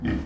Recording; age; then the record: pig call; growing-finishing pig (85 days or more)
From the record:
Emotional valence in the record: negative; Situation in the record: barren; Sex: female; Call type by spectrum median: low-frequency call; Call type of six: low-frequency tonal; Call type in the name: low-frequency stable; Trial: 1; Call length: 0.26 s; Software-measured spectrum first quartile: 151 Hz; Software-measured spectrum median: 272 Hz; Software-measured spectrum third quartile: 575 Hz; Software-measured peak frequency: 248 Hz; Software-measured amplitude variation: 126 dB a second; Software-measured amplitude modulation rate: 24.7 a second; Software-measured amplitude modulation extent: 5.1 dB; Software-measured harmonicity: 0.8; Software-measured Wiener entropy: -0.96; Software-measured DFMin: 688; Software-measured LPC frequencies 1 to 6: 288, 1819, 2355, 3109, 4510, 5160 Hz